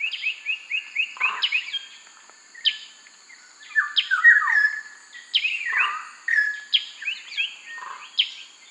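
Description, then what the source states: Black-naped oriole giving short whistled phrases sliding downward, over a steady high insect drone. Subspecies mundus.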